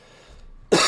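A single abrupt, harsh cough from an adult man bursts out after a near-silent pause and is cut off. It is an isolated cough, with no wheeze or whoop heard.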